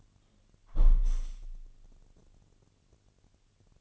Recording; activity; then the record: daily activity, microphone in the room; close window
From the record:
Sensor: 4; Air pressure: 1001.2 hPa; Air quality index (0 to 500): 174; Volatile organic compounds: 2 ppm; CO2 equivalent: 1245 ppm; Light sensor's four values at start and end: 12/27/11/11 and 12/27/11/11